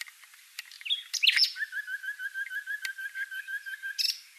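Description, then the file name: Common nightingale song: a few sharp chirps, then a long run of evenly repeated, pulsing whistled notes lasting about two and a half seconds. "Luscinia megarhynchos"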